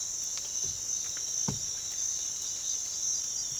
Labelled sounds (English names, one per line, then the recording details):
none
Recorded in pastures near Puerto Asís, Putumayo, Colombia, on 8 March 2025 at 06:00
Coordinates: 0.487, -76.322
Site G077